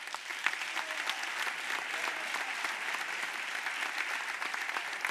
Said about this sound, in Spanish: Así que estos son los representantes de esta provincia y este es el aplauso de vuestra gente.